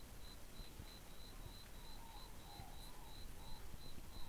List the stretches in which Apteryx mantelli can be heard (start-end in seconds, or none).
none